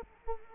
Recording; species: mosquito wingbeat signal from an infrared sensor; Culex quinquefasciatus